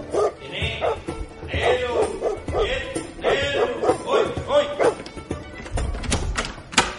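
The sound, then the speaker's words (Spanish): A robot dog at the house of Leonardo da Vinci in Florence barks in a rapid, excited series of sharp, mid-pitched yaps for several seconds, then the barking trails off into a few scattered thumps and rustling. “El perro muerde. No, tranquilo. Es un perro robot.”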